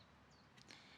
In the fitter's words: So it is locked in place,